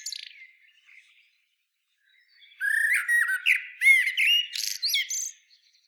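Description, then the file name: Common blackbird: a faint thin phrase, a pause, then a loud flowing run of fluty whistles mixed with high squeaks and twitters. "Turdus merula"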